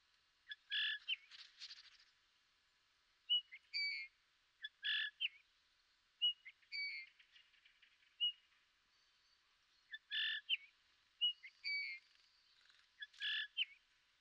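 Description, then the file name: Eurasian bullfinch calls: short, soft piping notes with bright overtones, given in small clusters every few seconds, mixed with faint chirps and quieter twittering between them. "Pyrrhula pyrrhula"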